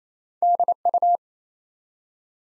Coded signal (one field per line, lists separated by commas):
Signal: Morse code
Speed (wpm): 27 wpm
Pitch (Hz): 700 Hz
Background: none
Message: DU